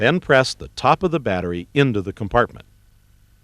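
A battery pack is being fitted into the battery compartment on the back of a Philips HeartStart HS1 defibrillator (AED), with the top of the pack pressed toward the compartment so its plastic latch can engage. Someone talks throughout, and there is no click. Nothing has seated or clicked yet.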